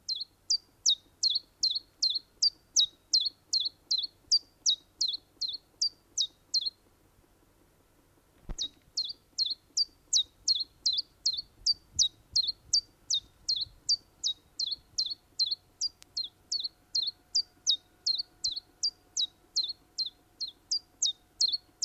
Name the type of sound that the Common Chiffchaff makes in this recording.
song